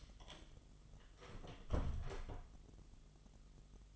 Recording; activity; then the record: daily activity, microphone in the room; close door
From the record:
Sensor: 4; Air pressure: 1005.9 hPa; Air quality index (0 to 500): 79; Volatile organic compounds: 1 ppm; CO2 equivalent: 969 ppm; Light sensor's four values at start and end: 13/30/12/11 and 13/31/12/11